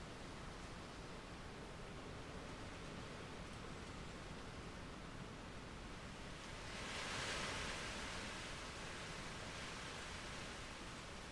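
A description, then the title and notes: Wind rustles steadily through trees in a dense, even hiss that fills the whole clip. Around seven seconds a stronger gust swells, brightening the rustle for a couple of seconds before it settles back. No distinct indoor sounds stand out. Wind in the Orchard. It's the evening and we’ve come out to sit on the bench in the Orchard.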